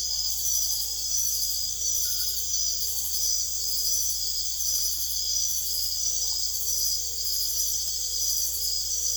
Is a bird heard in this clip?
no